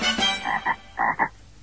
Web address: edible frog